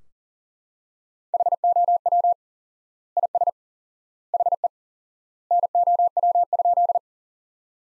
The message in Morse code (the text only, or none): HOW IS HE NOW?